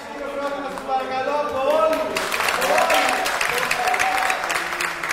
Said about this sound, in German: Einen großen Applaus für uns alle.